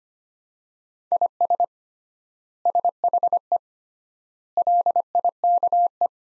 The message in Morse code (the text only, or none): IS SHE LIKE